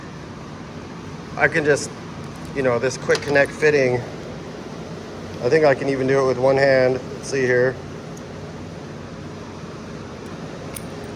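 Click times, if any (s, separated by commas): 10.8 s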